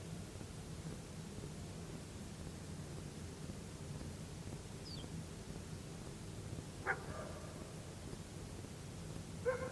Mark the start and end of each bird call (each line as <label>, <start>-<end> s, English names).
Ortolan Bunting, 4.83-5.05 s